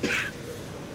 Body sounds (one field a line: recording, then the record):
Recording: coughing mixed with background sound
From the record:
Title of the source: 64 coughing, allergies, singing lungs